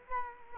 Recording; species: mosquito wingbeat signal from an infrared sensor; Culex quinquefasciatus